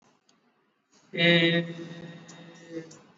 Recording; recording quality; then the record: sustained vowel as in made; excellent, no background noise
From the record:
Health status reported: exposed to COVID-19, no respiratory illness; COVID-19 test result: not tested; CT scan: not taken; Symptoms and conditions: none ticked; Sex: male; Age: 40 years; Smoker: no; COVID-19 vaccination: both doses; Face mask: worn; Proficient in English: yes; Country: India